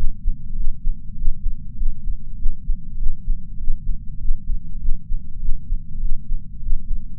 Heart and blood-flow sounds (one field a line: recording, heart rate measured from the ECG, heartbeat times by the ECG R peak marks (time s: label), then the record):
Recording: heart sounds by patch sensor on the chest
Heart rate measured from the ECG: 99 bpm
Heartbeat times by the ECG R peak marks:
0.57 s: heartbeat
1.15 s: heartbeat
1.76 s: heartbeat
2.38 s: heartbeat
2.99 s: heartbeat
3.58 s: heartbeat
4.18 s: heartbeat
4.81 s: heartbeat
5.41 s: heartbeat
6.01 s: heartbeat
6.60 s: heartbeat
From the record:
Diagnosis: coronary artery disease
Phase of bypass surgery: intraoperative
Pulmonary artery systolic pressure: 20 mmHg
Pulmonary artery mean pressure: 11 mmHg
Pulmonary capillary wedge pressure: 4 mmHg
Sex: male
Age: 69 years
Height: 174 cm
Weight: 79 kg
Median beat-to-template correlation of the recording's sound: 0.72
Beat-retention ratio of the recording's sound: 0.98